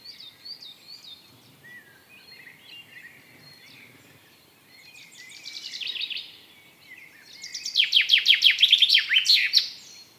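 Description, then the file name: Common chaffinch song heard twice: a brief phrase, then a louder, fuller one, amid soft thin whistles. "Fringilla coelebs"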